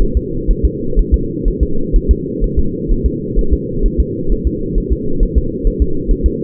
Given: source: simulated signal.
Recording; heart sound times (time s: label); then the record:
fetal heart sounds
0.02 s: S1
0.17 s: S2
0.50 s: S1
0.65 s: S2
0.99 s: S1
1.14 s: S2
1.48 s: S1
1.63 s: S2
1.96 s: S1
2.11 s: S2
2.44 s: S1
2.59 s: S2
2.91 s: S1
3.06 s: S2
3.39 s: S1
3.53 s: S2
3.86 s: S1
4.00 s: S2
4.32 s: S1
4.47 s: S2
4.78 s: S1
4.93 s: S2
5.23 s: S1
5.38 s: S2
5.67 s: S1
5.82 s: S2
6.11 s: S1
6.26 s: S2
From the record:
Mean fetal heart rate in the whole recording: 130 bpm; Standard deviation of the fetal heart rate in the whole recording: 4 bpm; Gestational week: 38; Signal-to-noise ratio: -8.1 dB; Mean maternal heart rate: 72 bpm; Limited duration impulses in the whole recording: absent